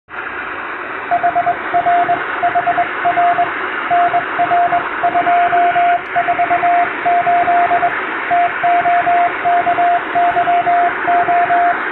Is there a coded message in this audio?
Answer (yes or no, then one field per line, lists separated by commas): yes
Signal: Morse code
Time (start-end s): 1.1-11.7 s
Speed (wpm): 21 wpm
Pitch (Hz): 700 Hz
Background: radio noise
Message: HR HR NR248 TOKYO